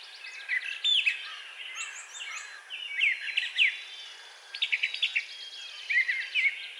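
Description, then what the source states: Brown thrasher singing a varied string of short whistled and chattering phrases, some notes doubled or rapidly repeated, with a steady background hiss. Recorded on 4 June 2020.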